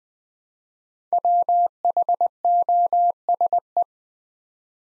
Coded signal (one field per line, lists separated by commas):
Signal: Morse code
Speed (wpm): 20 wpm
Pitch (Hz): 700 Hz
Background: none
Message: WHOSE